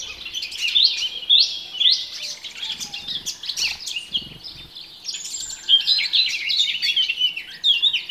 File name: Sylvia atricapilla